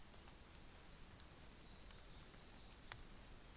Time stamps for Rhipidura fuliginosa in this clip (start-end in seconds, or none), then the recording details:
none. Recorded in New Zealand on 24 December 2018. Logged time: 09:00